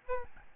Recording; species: mosquito wingbeat signal from an infrared sensor; Aedes albopictus